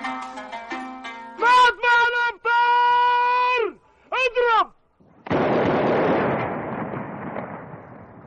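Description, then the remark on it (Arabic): A man's voice speaks in drawn-out, melodic phrases, then falls silent before a single loud iftar cannon blast, fired to mark the breaking of the Ramadan fast at sunset, booms out and its rough rumble slowly fades over several seconds. “وانطلق مدفع الإفطار.”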